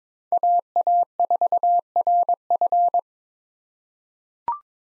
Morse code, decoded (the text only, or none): AA4RF